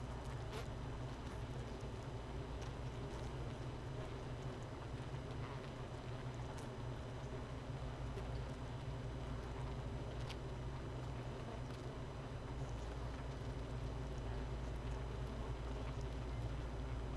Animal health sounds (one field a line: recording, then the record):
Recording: honeybee colony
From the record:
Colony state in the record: missing queen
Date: 31 May 2018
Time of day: 13:49